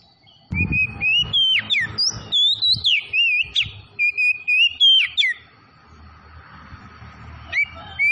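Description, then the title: Oriental magpie-robin song: loud, clear whistled phrases of rising and falling notes, some sharp slurred upsweeps, delivered in a rapid run, then a low hum and a couple of final whistles. Tretes variety, singing vigorously (gacor). "Kacer Tretes Gacor"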